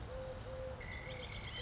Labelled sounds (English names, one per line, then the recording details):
Eurasian Collared Dove
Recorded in Sonoma County, California